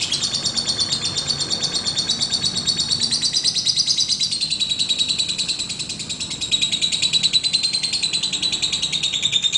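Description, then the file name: Lovebird song of rapid, high-pitched buzzy chirps running continuously, with slight shifts in pitch partway through. "audio lovebird putri mentaya"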